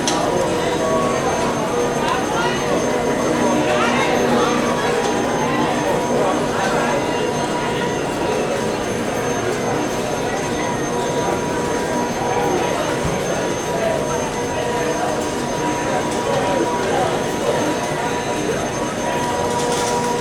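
A busy casino on a weekend: a dense, steady murmur of many overlapping voices fills all twenty seconds without pause. Sustained electronic tones from the machines hum underneath, with scattered brighter chimes and clatter rising from the crowd noise.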